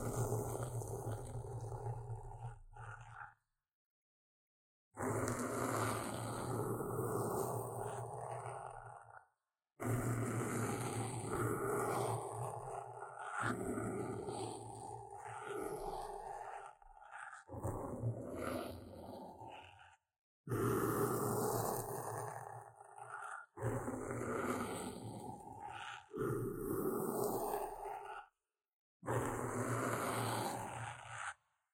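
Intense scratching in rough bursts of a few seconds each, separated by brief dead-silent pauses near 4, 10, 20 and 28 seconds. Each burst is dense and grainy, mixing a deep growling rumble with bright hiss, and some stretches stutter in short strokes.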